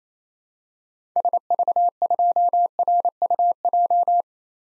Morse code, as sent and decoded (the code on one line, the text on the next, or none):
... ...- ..--- .-. ..- .---
SV2RUJ